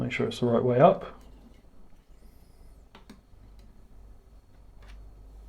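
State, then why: Seated. Someone talks briefly as a small plastic part of the Mastodon trunk assembly on a Megazord model is turned the right way up and pushed in. It clips home with a short, sharp snap at 2.9 s and is seated in place, and then the room goes quiet.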